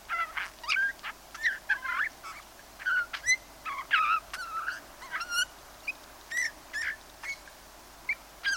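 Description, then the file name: Eurasian bullfinch calls: short soft whistled notes near the middle pitch, some gently bending, mixed with brief scratchy clicks, given in quick irregular runs throughout. "Pyrrhula pyrrhula"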